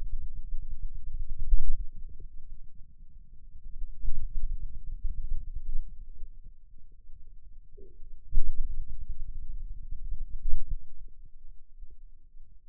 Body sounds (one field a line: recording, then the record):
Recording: forearm muscle sounds (acoustic myography)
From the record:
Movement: pen grasping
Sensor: system 2, bracelet of six BSWA MPA416 microphones around the upper forearm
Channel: 1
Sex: male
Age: 22 years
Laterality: right